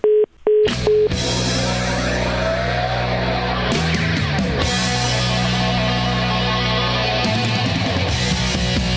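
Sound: telephone tone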